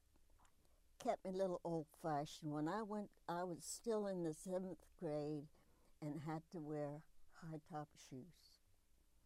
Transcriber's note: none